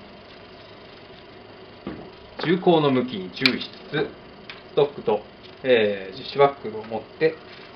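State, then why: Not seated. With a Limber Sling over the body, someone holds the gun stock and the plastic (ABS) resin side-release buckle of the sling, minding the gun's orientation, while talking about inserting it into the mating buckle on the stock attachment. A single sharp tick is heard at about 1.9 s before the speech. The buckle has not yet snapped home, and nothing has seated or clicked by the end of the clip.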